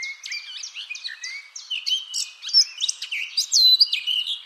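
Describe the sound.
Eurasian blackcap song, a fast scratchy warble of varied chirps and short whistles through the whole stretch.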